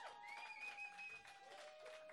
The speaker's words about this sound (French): Mais bon, écoute, on donne un autre grosse main d'applaudissement au VJ de la soirée, s'il vous plaît. C'était malade.